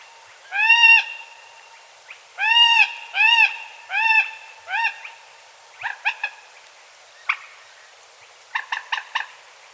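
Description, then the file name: Moorhen calls: loud, arched, harmonic notes repeated in short bursts, followed by quicker clipped notes toward the end. "Gallinula"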